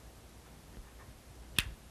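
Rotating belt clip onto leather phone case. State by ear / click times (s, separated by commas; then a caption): seated / 1.6 s. A 360-degree rotating belt clip is slid onto the back of a leather flip-type case for a BlackBerry Bold 9000 over faint background noise. A single sharp snap at 1.6 s shows the clip has seated in place.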